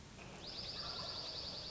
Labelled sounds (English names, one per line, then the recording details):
Dark-eyed Junco
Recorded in Sonoma County, California